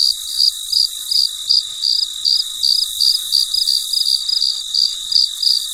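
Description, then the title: Cricket chirping, high pulsed trills repeated steadily about three times a second over a constant high hiss. Recorded late at night, very quiet surroundings. "深夜录制蟋蟀昆虫声"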